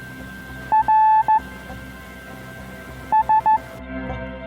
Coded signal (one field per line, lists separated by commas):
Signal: Morse code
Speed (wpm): 15 wpm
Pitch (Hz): 870 Hz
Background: music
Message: R S